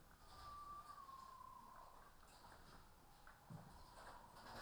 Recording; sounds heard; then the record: poultry house recording; healthy chickens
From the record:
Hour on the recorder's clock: 15